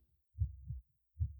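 An adult heartbeat heard with the ear pressed against the left side of the chest: a low, deep "dokun, dokun" thudding, the sound of life resonating from deep within the chest.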